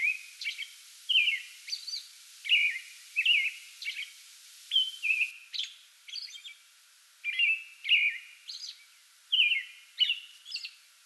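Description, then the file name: American robin singing a steady run of short caroling phrases with brief pauses, plus high squeaky notes. Singing before dawn from a small tree in a front yard, 8 May 2022. "2022-05-08 American Robin pre-dawn singing from small tree in front yard"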